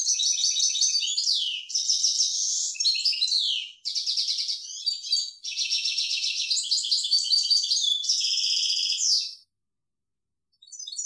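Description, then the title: European goldfinch in sustained song: a chain of rapid, bright twittering phrases with liquid trills and slurred notes, running almost unbroken for nine seconds. "Chant Chardonneret"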